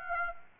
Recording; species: mosquito wingbeat signal from an infrared sensor; Aedes aegypti